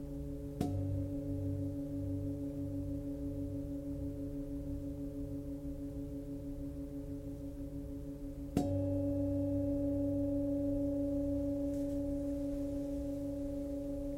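A Tibetan singing bowl is struck twice, once near the start and again at about eight and a half seconds. Each strike leaves a long, steady ringing of several clear tones that slowly pulse and waver. The second strike sounds a little louder and keeps ringing to the end.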